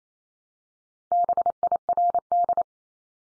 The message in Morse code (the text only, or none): BIRD